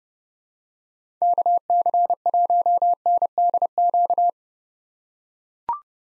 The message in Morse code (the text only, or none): KC1NDQ